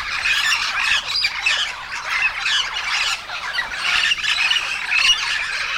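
Yellow-shouldered parrot squawks, a dense continuous chorus of harsh overlapping screeches and squeals from several birds.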